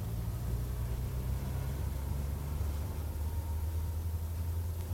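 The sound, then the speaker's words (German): Cars starting to drive outside rumble with a steady, low engine drone and a wash of hiss, holding an even level throughout with no voices. “Draußen fangen schon die Autos an zu fahren.”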